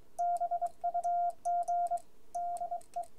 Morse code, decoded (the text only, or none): BUG DE